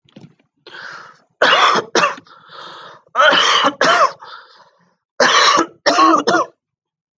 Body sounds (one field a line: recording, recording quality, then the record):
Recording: heavy voluntary cough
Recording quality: excellent, no background noise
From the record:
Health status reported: healthy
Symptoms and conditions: asthma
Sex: male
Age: 21 years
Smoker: not ticked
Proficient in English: yes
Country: India